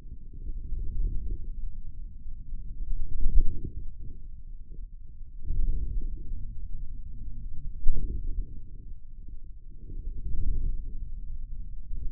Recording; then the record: forearm muscle sounds (acoustic myography)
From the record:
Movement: wrist flexion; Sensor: system 2, bracelet of six BSWA MPA416 microphones around the upper forearm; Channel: 6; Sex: male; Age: 22 years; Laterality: right